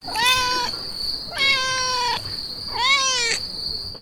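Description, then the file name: Cat meowing three times, each a drawn-out nasal meow about one and a half seconds apart, over a steady high-pitched background tone. "cat voice"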